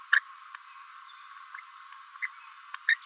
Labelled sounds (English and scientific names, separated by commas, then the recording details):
Green-rumped Parrotlet (Forpus passerinus) babbling
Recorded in a nest box in Venezuela
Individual 18B17A4